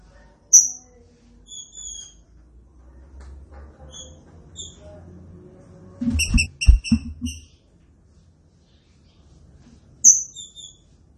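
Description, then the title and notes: Green-winged saltator song: scattered high slurred whistles, then a quick run of clipped ringing notes over low thuds, ending with another slurred whistle. Training recording of the classic song style (canto clássico). "Canto Clássico Trinca Ferro TREINAMENTO. trinca fero"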